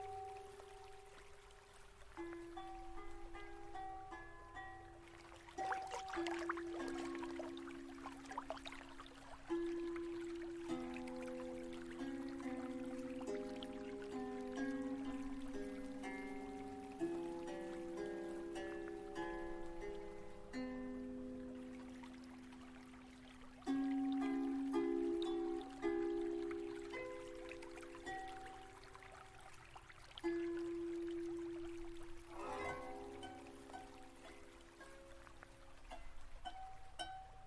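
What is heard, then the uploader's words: Slow, calm Japanese-style music of sustained mid-range tones shifts every few seconds over a steady trickle of flowing water, with bright plucked accents. Relaxing hot tub ambience | Japanese music | onsen | spa.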